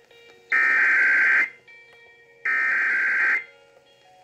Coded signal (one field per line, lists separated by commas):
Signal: Emergency Alert System (SAME) tones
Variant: header bursts